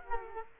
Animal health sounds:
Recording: mosquito wingbeat signal from an infrared sensor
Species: Culex quinquefasciatus

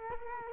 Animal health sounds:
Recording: mosquito wingbeat signal from an infrared sensor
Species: Culex quinquefasciatus

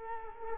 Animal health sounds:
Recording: mosquito wingbeat signal from an infrared sensor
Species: Culex quinquefasciatus

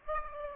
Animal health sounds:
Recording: mosquito wingbeat signal from an infrared sensor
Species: Aedes aegypti

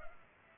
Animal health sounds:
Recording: mosquito wingbeat signal from an infrared sensor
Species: Culex pipiens

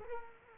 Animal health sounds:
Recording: mosquito wingbeat signal from an infrared sensor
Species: Culex quinquefasciatus

